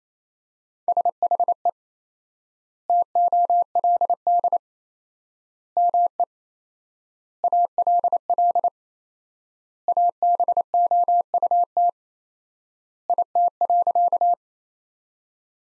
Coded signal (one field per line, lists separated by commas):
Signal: Morse code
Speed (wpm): 28 wpm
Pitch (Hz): 700 Hz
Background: none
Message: SHE TOLD ME ALL ABOUT IT.